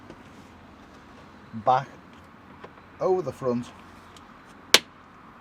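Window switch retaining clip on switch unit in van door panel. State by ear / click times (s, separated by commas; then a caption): seated / 4.7 s. A white plastic retaining clip is slid back over the front of the window switch unit in a VW Crafter van door panel. Someone talks, then a sharp, loud snap is heard at 4.7 s as the clip snaps into place on the switch unit.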